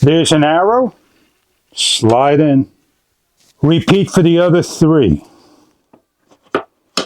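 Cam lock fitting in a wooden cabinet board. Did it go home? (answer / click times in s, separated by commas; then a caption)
yes / 6.6 s, 7.0 s. During assembly of a FAMAPY 4-tier display cabinet with glass doors and lights, dowels and arrow-marked fittings are slid into the wooden boards while someone talks. A cam lock fitting in a wooden cabinet board is then turned into place, giving two sharp knocks at 6.6 and 7.0 seconds as it seats.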